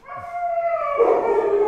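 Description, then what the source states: Dog howl: a long steady mournful tone with clear harmonics, growing rougher toward the end. Shelter dog howling in its kennel box at an animal shelter.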